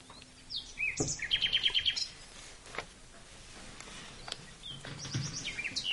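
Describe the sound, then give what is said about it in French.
A nightingale sings in spring, heard through a classroom window the schoolteacher has just opened: a varied phrase of rapid repeated high chirps in a quick series, then pauses and more whistled, trilling notes, fairly soft over a faint background hum. “C'est le chant d'un rossignol qui te parvient à travers la fenêtre que le maître d'école vient d'ouvrir.”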